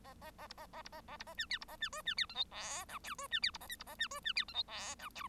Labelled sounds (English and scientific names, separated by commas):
Bengalese Finch (Lonchura striata domestica) song